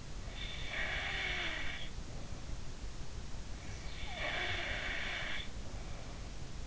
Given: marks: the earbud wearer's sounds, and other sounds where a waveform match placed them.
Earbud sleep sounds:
sounds in sleep by an in-ear microphone; snoring breath
0.47-2.63 s: snoring breath
4.07-6.32 s: snoring breath

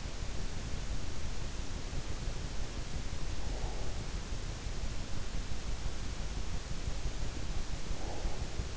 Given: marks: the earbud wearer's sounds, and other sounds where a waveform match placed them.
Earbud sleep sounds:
sounds in sleep by an in-ear microphone; breath
2.14-4.09 s: breath
6.66-8.77 s: breath

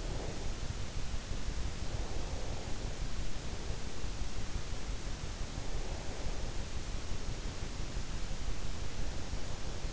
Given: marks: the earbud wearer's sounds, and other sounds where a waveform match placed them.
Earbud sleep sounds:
sounds in sleep by an in-ear microphone; breath
0.00-0.54 s: breath

